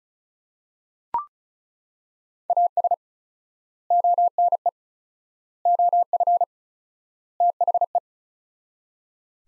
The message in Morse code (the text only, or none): AS ONE OF THE